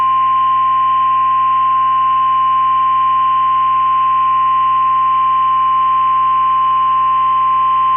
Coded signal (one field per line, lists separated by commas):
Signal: Emergency Alert System (SAME) tones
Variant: 1050 Hz attention tone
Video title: Tornado Watch #289 EAS#54